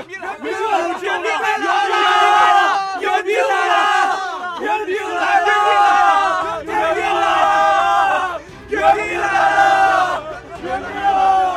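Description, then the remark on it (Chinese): A crowd of soldiers, silent a moment before, cheers loudly at news that reinforcements have arrived. Many voices roar and shout together in a sustained, overlapping swell that echoes off the walls of a city-gate barbican tunnel, dips briefly near the end, then surges again. “众人都静了片刻，然后轰然一声欢呼起来，欢声在瓮洞洞壁上来回撞击，收拾不住，猛地冲出洞口，迸发了出去。”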